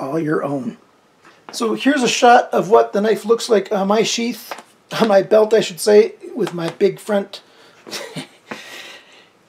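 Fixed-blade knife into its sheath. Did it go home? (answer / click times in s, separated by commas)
yes / 8.5 s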